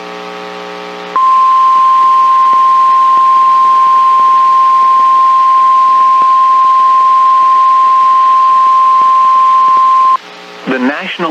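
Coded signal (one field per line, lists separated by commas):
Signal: Emergency Alert System (SAME) tones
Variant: 1050 Hz attention tone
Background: speech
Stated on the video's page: EAS alerts captured through a TFT EAS 911 unit, including NOAA Weather Radio broadcasts.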